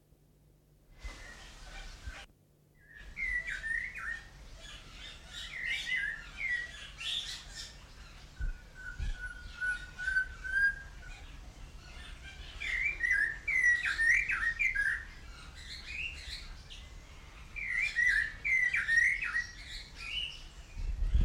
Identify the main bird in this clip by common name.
Snowy-crowned Robin-Chat